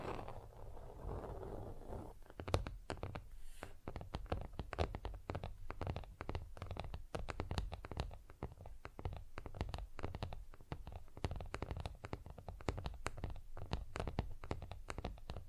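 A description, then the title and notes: Fast, rough nail filing fills the clip with dense, rapid scraping strokes that start around two seconds and continue steadily to the end. Sharp, bright strokes come several times per second over a low, constant hum, preceded by a brief softer rustle. Fast & Rough Nail Filing + Tapping.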